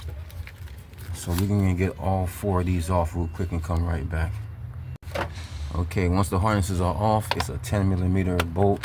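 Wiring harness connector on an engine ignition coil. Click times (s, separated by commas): 0.5 s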